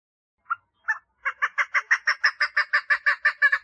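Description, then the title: Partridge giving two spaced harsh notes, then a fast, even series of grating chuck calls. "Perdiz Cantando"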